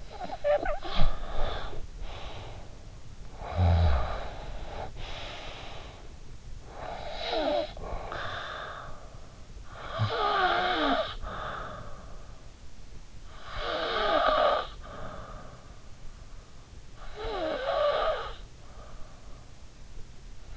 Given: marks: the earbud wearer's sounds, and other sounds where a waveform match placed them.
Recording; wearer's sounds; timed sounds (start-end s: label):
sounds in sleep by an in-ear microphone; snoring breath
0.00-20.57 s: snoring breath